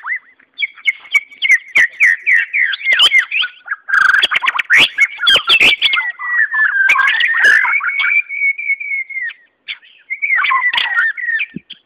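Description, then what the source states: White-rumped shama pouring out a continuous, varied warbling song with whistles, chatters and clicks, pausing briefly before a final burst. Natural song in forest.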